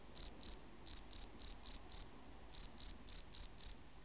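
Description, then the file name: Field cricket chirping in short bursts of clean high-pitched pulses, with two gaps breaking the rhythm into three groups. "Gryllus campestris"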